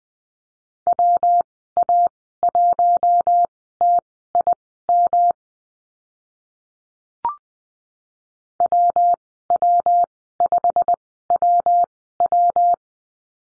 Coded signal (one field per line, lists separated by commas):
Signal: Morse code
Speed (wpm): 20 wpm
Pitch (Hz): 700 Hz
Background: none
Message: WA1TIM WW5WW